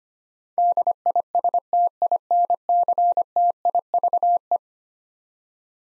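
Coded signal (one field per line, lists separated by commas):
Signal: Morse code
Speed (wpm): 25 wpm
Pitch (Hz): 700 Hz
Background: none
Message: DISTINCTIVE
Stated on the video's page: Head-copy drill of eleven-letter words sent in Morse at 25 wpm, each word sent twice.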